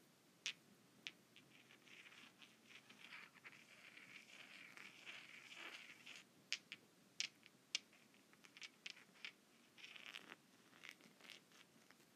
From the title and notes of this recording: ASMR Rock Rubbing.